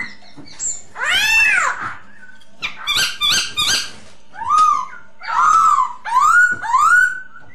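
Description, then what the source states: Masked laughingthrush song: arched whistled notes, then harsh buzzy bursts and a run of rising-falling whistles near the end. Lure song (suara pancingan) of the poksay hongkong.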